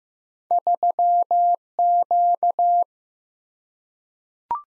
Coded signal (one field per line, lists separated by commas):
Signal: Morse code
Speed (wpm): 15 wpm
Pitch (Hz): 700 Hz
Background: none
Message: 3Q